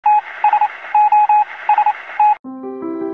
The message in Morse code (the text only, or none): TSOST